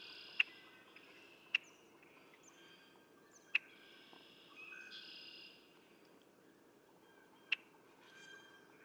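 Red-winged blackbird sharp chip calls: a few single clicks spaced irregularly, over faint whistles from other birds.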